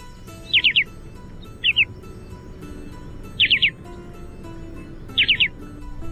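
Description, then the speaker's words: Short-billed dowitcher calling: quick whistled notes in tight groups of two or three, 'tu-tu-tu', repeated every second or two. Call is probably the best way to tell it from the long-billed dowitcher. "Here's the call of the short-billed dowitcher."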